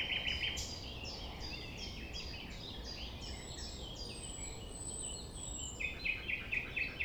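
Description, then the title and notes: Common nightingale song opening with a buzzy trill, then a run of repeated short notes, a thin high whistle and a closing rattle, with steady low background noise. Sunrise at 6 A.M. near the Thève at Champ de Ménage; nightingale singing without waiting for silence. "Chant De Ménage. 6 A.M. Lever du soleil non loin de la Thève au Champ de Ménage. Le rossignol n'attend pas le silence"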